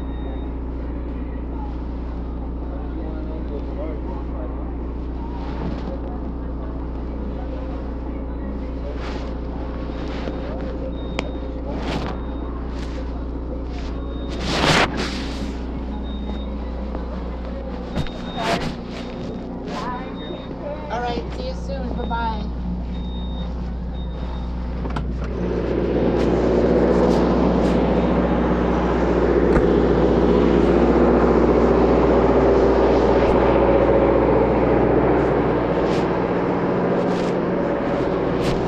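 Inside a mobile blood donation bus, a steady low engine-like hum runs throughout under a radio playing voices and music. Scattered clicks and knocks occur around the middle, with a faint occasional beep. After about 25 seconds the radio grows louder and fuller.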